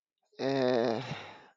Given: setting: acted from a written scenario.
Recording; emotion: vocal sound without words; confusion